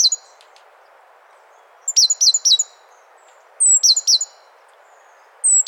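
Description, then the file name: Great tit calls in short bursts, each a thin high whistle followed by a few sharp chipping notes, phrases spaced about two seconds apart over faint background hiss. "Parus major"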